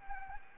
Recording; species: mosquito wingbeat signal from an infrared sensor; Anopheles gambiae